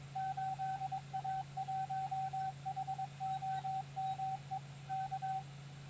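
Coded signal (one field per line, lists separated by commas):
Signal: Morse code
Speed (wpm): 22 wpm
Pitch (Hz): 770 Hz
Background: radio noise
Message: 8A1HOME K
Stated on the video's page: Special event station on 40 m CW, 100 watts into a half-wave wire dipole with feed point 11 m high; good ionospheric propagation.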